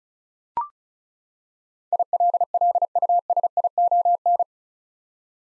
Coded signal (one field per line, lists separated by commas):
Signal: Morse code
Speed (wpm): 34 wpm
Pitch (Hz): 700 Hz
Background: none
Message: ILLUSION